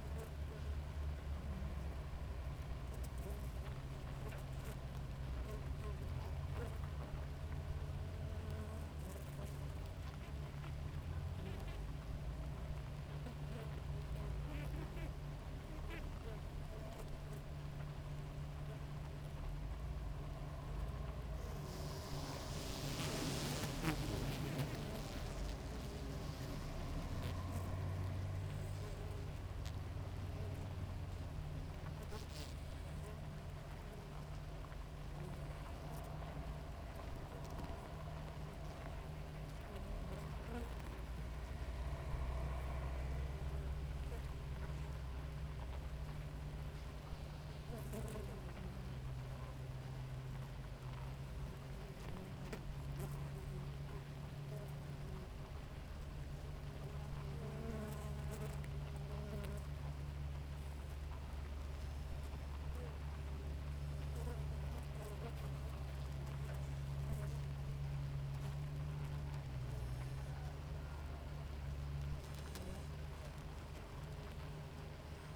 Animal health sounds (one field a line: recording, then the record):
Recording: honeybee colony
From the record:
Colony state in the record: active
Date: 28 July 2017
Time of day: 5:23